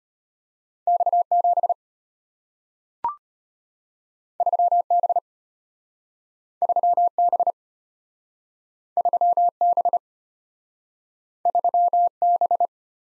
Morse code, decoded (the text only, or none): X7 3B 3B 3B 3B